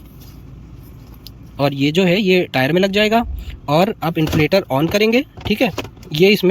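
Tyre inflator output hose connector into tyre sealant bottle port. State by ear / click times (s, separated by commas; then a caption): seated / 1.3 s. A tyre inflator's output hose connector is fitted onto the port of a tyre-sealant bottle over a low background hum, with a faint tick at 1.1 s. A short, sharp click at 1.3 s marks the connector seating, and then someone talks for the rest of the clip.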